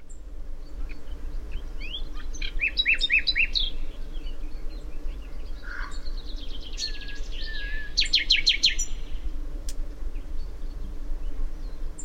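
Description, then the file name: Common nightingale song: varied bursts of rapid trills, whistles and repeated chirps, with brief pauses between phrases, over steady low background rumble. "Luscinia megarhynchos"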